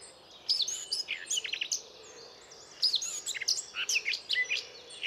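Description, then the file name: Eurasian blackcap, scratchy warbled phrases of quick, varied high notes, two bursts separated by a short gap. "Sylvia atricapilla"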